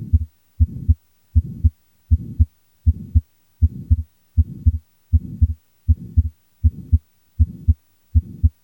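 Adult heart heard through the stethoscope diaphragm with the patient lying supine: a regular rhythm of about 79 beats per minute, with a pulmonary ejection systolic murmur and transient splitting of the second heart sound.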